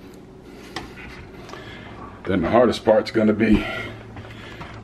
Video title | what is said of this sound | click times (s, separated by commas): Dishwasher Soap and Rinse Aid Replacement Kit | this piece should just snap right into place | 0.8 s